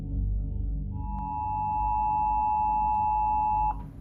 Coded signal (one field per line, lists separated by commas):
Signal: Emergency Alert System (SAME) tones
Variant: 853 and 960 Hz attention tone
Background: music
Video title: Rare and Disturbing EAS Alerts Explained